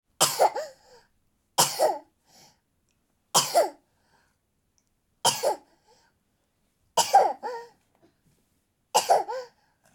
Baby toddler coughing.